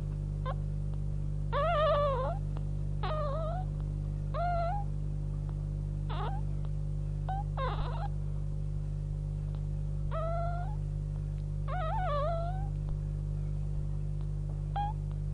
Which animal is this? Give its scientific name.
Vulpes vulpes